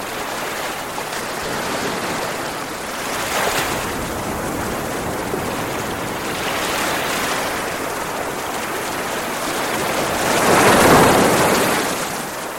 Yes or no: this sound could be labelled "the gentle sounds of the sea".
yes